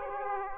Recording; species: mosquito wingbeat signal from an infrared sensor; Aedes aegypti